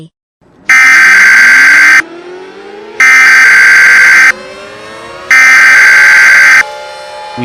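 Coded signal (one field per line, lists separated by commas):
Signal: Emergency Alert System (SAME) tones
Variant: header bursts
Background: speech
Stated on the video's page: Fictional EAS scenario, a simulated alert about the Sun devouring Earth.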